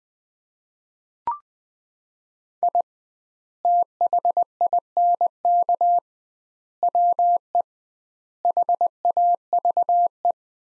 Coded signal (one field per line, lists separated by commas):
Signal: Morse code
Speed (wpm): 20 wpm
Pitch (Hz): 700 Hz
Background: none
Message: I THINK WE HAVE